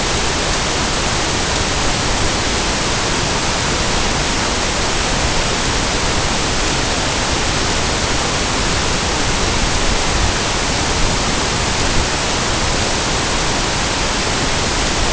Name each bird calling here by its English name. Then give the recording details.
none. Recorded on Arctic tundra, site NAIT-1, on 23 June 2018. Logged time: 19:00